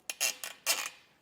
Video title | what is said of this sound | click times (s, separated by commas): etrailer - Swagman E-Spec Pro Bike Rack for 2 Electric Bikes Review - 2025 Honda Odyssey - S45SR | And this will lock into place when it gets to the bottom. | 0.1 s